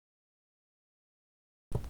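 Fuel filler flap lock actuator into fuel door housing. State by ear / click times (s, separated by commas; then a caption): seated / 1.8 s. A new fuel filler flap lock actuator for a Mercedes W246, replacing an old one that worked only intermittently, is slid into its groove in the fuel door housing and pushed backwards. After near silence, it clicks into place at about 1.8 s, followed by a softer sound. The actuator is seated.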